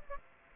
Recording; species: mosquito wingbeat signal from an infrared sensor; Aedes aegypti